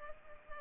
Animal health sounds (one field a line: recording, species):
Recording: mosquito wingbeat signal from an infrared sensor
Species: Culex pipiens